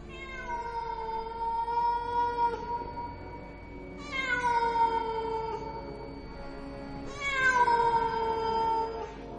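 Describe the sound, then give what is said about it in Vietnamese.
Several monster cats, rushing forward at great speed, wail in three long, drawn-out yowls, each starting high and sagging lower in pitch, an eerie crying sound much like an infant sobbing, wave after wave, with no talking over it. “Vừa mới chạy liền nghe thấy phía sau vang lên tiếng mèo, giống như tiếng trẻ con khóc nỉ non, hết đợt này đến đợt khác, tạo thành những âm thanh vô cùng đáng sợ.”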